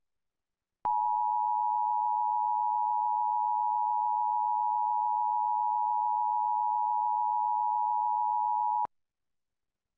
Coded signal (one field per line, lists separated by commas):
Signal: Emergency Alert System (SAME) tones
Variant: 853 and 960 Hz attention tone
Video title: TV EAS #6 (EAS #12): Severe Thunderstorm Warning, 6/17/15